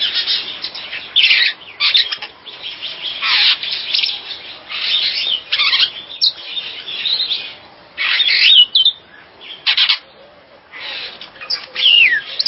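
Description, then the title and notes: Bird chattering in loud, rough chirps at irregular intervals, mixed with a few clear slurred whistles near the close. "Bird Sound. Kicau Burung Lengkap"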